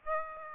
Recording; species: mosquito wingbeat signal from an infrared sensor; Aedes aegypti